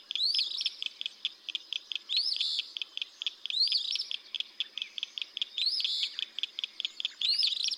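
Eastern phoebe song phrases, rough and upslurred, appear repeatedly within a dense, rapid train of short repeated notes.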